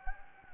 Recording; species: mosquito wingbeat signal from an infrared sensor; Anopheles gambiae